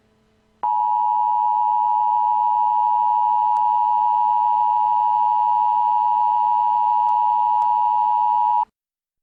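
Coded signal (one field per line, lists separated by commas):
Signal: Emergency Alert System (SAME) tones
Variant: 853 and 960 Hz attention tone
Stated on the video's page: Fictional mock EAS alert about a dirty bomb, made for entertainment only.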